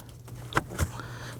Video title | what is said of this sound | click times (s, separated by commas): How to Replace Fuel Pump Module Assembly 2015-2024 Nissan Murano 3.5L V6 | push the top in. It'll line up and then push down and it snaps into place. | 0.6 s